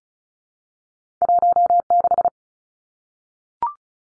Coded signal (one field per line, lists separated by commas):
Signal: Morse code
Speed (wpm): 34 wpm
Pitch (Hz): 700 Hz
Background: none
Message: 16